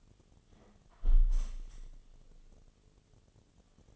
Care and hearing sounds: daily activity, microphone in the room; close window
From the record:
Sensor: 4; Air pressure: 1015.8 hPa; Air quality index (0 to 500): 80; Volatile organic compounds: 1 ppm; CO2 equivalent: 890 ppm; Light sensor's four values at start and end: 9/20/8/7 and 9/20/8/7

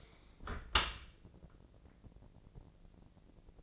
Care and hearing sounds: daily activity, microphone in the room; close dishwasher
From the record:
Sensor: 5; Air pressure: 1012.4 hPa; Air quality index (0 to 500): 157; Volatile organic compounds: 2 ppm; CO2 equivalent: 1066 ppm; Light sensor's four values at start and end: 115/277/118/133 and 116/277/118/133

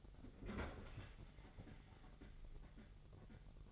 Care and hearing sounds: daily activity, microphone in the room; open fridge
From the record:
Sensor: 4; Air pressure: 989.2 hPa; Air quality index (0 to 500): 222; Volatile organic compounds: 80 ppm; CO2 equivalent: 3603 ppm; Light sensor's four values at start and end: 27/92/34/36 and 26/91/34/36

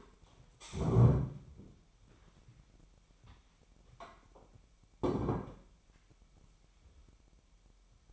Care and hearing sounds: daily activity, microphone in the room; stand up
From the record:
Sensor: 1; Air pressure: 998.5 hPa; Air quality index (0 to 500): 122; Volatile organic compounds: 3 ppm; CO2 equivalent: 1452 ppm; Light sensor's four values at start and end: 9/22/9/11 and 9/22/9/10

